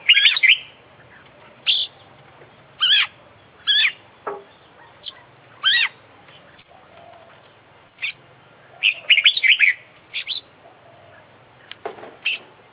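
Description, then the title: Oriental magpie-robin song: loud bursts of sharp, whistled and chattering notes separated by short pauses, with faint softer notes between phrases. Competition bird described as an international champion, singing a full, complete set of fill-in phrases (isian). "KICAU KACER JUARA INTERNASIONAL FULL ISIAN KOMPLIT DURASI PANJANG"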